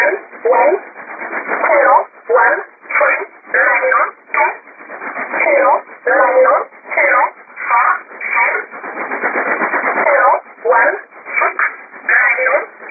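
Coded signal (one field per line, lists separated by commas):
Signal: numbers station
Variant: E11 Oblique, English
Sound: a voice reading short, evenly spaced words, likely numbers, over a narrow radio channel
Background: radio static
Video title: 05 12 2017 Numbers station E11 Oblique in English to Eu 0717 on 9130 unknown tx site in USB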